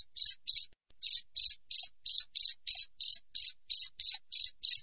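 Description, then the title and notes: Cricket calling in crisp, high pulsed chirps about three per second after one early pause, with a quiet background. Clear natural cricket sound with tightly spaced chirps, intended as a master recording for training songbirds and for repelling rats. "Masteran Jangkrik Alam Jernih, Jeda Rapat Cocok Untuk Masteran Burung Dan Mengusir Tikus. suara jangkrik"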